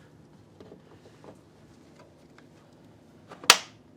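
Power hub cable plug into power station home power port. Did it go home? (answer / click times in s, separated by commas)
yes / 3.5 s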